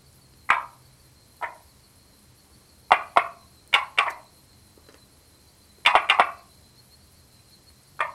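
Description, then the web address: Frog calls: short, sharp clicking croaks, single or in quick pairs and triplets, at irregular intervals with a faint steady high tone behind. Frog recorded 4 April 2020, between 18:00 and 20:00. "frog rec 18-20 20200404"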